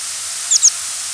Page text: American Pipit diurnal flight calls. Maryland October 7, 1994 (MO). Higher-pitched calls from bird in flight